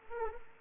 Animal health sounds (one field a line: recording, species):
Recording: mosquito wingbeat signal from an infrared sensor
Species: Anopheles arabiensis